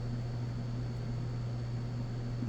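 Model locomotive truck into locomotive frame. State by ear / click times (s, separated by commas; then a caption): not seated / none. A lubricated plastic truck on an HO model locomotive is slid gently over into place on the frame. A steady low hum and broadband background noise continue throughout, with a faint high, thin tone. Nothing has seated or clicked yet.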